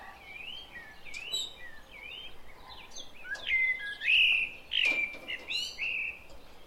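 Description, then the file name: Common blackbird whistling a run of looping, flute-like notes, with a few sharp clicks and high twitters mixed in. "Turdus merula"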